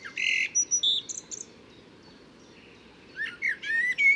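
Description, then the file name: Eurasian blackbird song: a burst of high squeaky twitter notes, a pause, then a few quick rising slurred notes. "Turdus merula"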